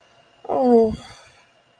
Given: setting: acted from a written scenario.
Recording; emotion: vocal sound without words; guilt